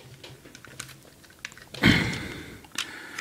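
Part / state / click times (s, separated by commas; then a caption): small plastic clip into the toy robot body / seated / 2.8 s. During the transformation of a plastic Optimus Prime Weaponizer robot toy, a small plastic clip is fitted into its slot in the toy's body. Light plastic taps and handling sounds lead to a louder scraping rustle around 1.8 s. A sharp click at 2.8 s marks the clip snapping into place, confirmed as seated.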